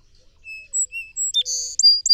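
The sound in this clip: Song sparrow song opening with separate clear whistled notes, followed by a harsh high buzz and the start of quick chipping notes.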